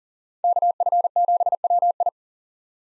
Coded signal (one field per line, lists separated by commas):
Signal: Morse code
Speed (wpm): 40 wpm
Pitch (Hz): 700 Hz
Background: none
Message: KF7WI